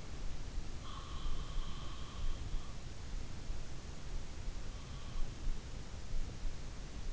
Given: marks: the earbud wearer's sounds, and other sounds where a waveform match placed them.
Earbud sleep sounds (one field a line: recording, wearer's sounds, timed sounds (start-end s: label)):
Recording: sounds in sleep by an in-ear microphone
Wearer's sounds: breath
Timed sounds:
0.65-2.84 s: breath